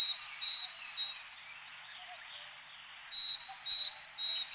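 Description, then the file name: Willow tit with plain level whistles in two bursts separated by a quiet gap, notes evenly repeated. "kogara"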